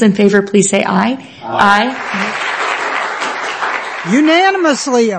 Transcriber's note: applause